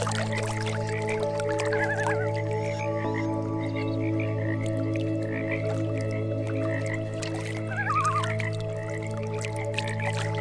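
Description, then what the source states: Rapid frog croaks repeat continuously behind steady music drones. Frogs mixed with meditation music.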